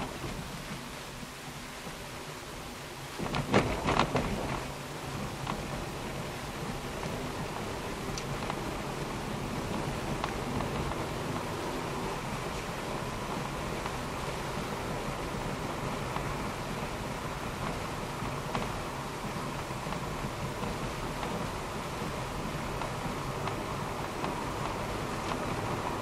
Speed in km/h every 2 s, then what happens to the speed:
24, 28, 33, 38, 42, 46, 48, 51, 51, 50, 51, 53, 58.
0-14 speeds up to 51. 14-21 steady at about 51. 21-26 speeds up to 58.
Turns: none.